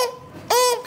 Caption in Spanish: Estaba yo enfermo, tenía como muy inflamada la garganta. Y una tos, pero esa tos como... así, como de perro rara. Pero era con un chillido.